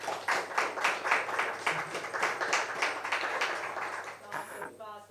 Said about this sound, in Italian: Allora io comincerei con un applauso al 48. Questa è dura. Un applauso allora a chi vuole sapere tutto sugli restanti Navigli.